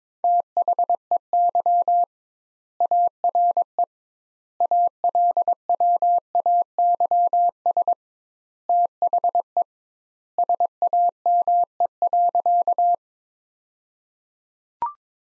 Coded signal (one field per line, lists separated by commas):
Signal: Morse code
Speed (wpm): 22 wpm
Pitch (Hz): 700 Hz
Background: none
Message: THEY ARE ALWAYS THE SAME.